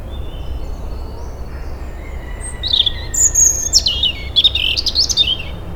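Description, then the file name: European robin song, thin high whistles and quick twittering warbled notes rising and falling, heard over a steady rushing background noise. "Erithacus rubecula"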